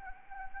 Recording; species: mosquito wingbeat signal from an infrared sensor; Anopheles gambiae